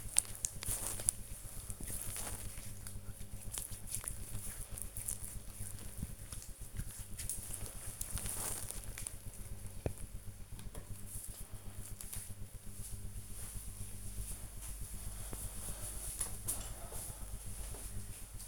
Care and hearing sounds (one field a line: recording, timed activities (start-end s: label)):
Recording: household activities, microphone on the right wrist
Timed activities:
0.00-10.25 s: cream hands